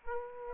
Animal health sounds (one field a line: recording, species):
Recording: mosquito wingbeat signal from an infrared sensor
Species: Aedes aegypti